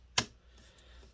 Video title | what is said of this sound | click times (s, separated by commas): ASUS ROG Zephyrus S Ultra Slim Gaming Laptop GX531G GX531GS-AH76 Disassembly RAM SSD Replacement Fix | you go everything just snaps in nicely | 0.2 s